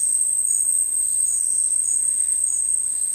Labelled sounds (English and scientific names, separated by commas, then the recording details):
none
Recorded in dense forest near Puerto Asís, Putumayo, Colombia, on 18 February 2024 at 11:00
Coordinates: 0.484, -76.317
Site G6464